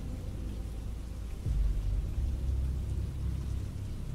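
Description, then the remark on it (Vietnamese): A heavy early-year downpour of rain in cold weather pours down as a steady, dense hiss with a deep rumbling undertone, growing noticeably louder about a third of the way through and staying thick and unbroken. “Trời đã bắt đầu đổ mưa, rất nhanh, mưa như chút nước, mưa trắng cả trời trắng đất.”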